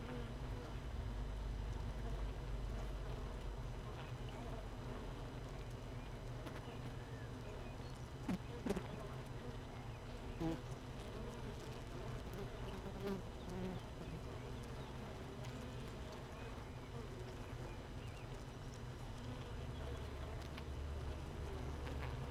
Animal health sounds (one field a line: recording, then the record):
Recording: honeybee colony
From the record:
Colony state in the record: missing queen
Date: 31 May 2018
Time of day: 15:36